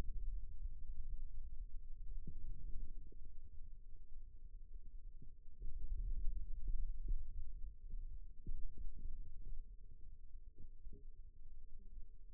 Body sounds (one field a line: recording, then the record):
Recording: forearm muscle sounds (acoustic myography)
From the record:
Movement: radial deviation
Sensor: system 2, bracelet of six BSWA MPA416 microphones around the upper forearm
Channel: 2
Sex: male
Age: 22 years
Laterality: right